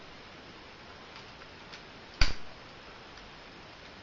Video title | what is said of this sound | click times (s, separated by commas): MP-32 Convoy (Beast Wars)Masterpiece Optimus Primal - Transformer of the Week | click that into place. | 2.2 s